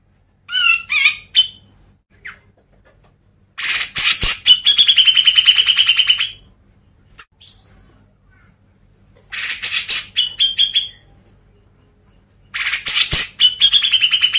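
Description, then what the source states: Grey-cheeked bulbul song: several bouts of harsh chattering, most sliding into a quick buzzy trill at a steady high pitch, with brief sharp notes between bouts. Masteran, a training recording played to caged birds.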